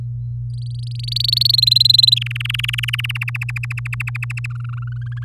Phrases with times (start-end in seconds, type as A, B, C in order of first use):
0.50-1.51 A, 1.53-2.19 B, 2.21-3.12 C, 3.15-4.46 D, 4.50-5.03 E, 5.06-5.24 F